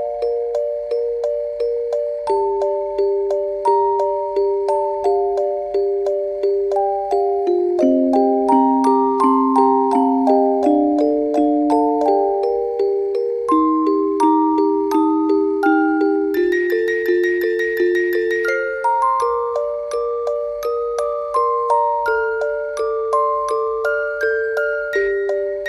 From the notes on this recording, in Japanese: ぜんまい式のオルゴールのスピードが、だんだんゆっくりになっていく